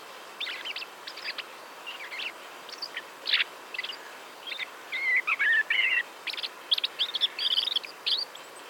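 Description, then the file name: Common blackbird giving quick, uneven chirps that build into a denser twittering run of squeaky slurred notes near the end. "Turdus merula"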